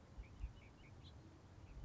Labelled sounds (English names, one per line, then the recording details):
House Finch
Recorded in Sonoma County, California